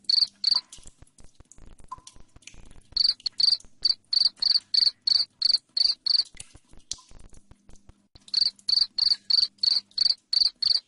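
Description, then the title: Cricket chirping in loud, even pulses about three per second, stopping briefly twice before resuming, with faint clicks between bursts. Loud cricket chirping said to make lovebirds sing continuously. "Suara JANGKRIK NGERIK Keras Bikin LOVEBIRD Jadi NGEKEK Terus Vubey"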